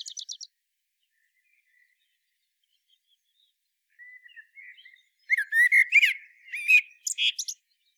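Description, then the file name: Common blackbird song: a brief high twitter, a pause, soft low warbling, then loud fluty phrases capped by shrill squeaky endings. "Turdus merula"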